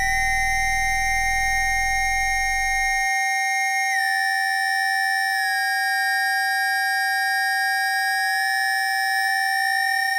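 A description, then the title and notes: Several feedback tones from a mixer looped into itself hold steady at once, a loud, piercing stack of pure whistles from mid to very high pitch. A low buzzing drone underneath cuts out after about three seconds, and the upper tones step and slide in pitch around four, five and eight seconds. Study for No-Input Mixer #7 (2023)- five voices with happy end. At Studio kHz on a vintage MACKIE 1604 mixing desk, patched as a no-input mixer. In this final piece I used 5 channels with internal audio feedback, controlled by faders and knobs with amazing resolution.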